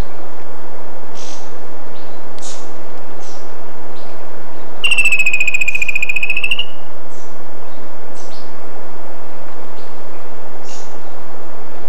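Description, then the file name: Bird trill, a single buzzy, rapidly pulsed phrase of about two seconds amid sparse short high chirps and continuous hiss. "SABIOD 50 bird 2015"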